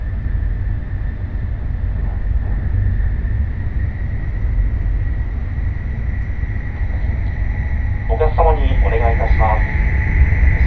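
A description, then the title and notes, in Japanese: A steady, heavy rumble rides under the Nishi-Kyushu Shinkansen Kamome train as it runs, with a thin constant whine above it. A faint voice surfaces around two seconds, and from about eight seconds a clearer spoken announcement cuts through while the rumble grows slightly louder. 西九州新幹線かもめ25号武雄温泉→長崎。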